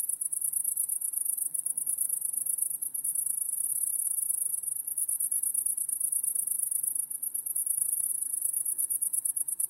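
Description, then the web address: High crickets chirp in dense rapid pulses, the chorus swelling and easing slightly in waves while staying continuous throughout. Crickets; wide stereo recording. "lynne-publishing Crickets Wide Stereo"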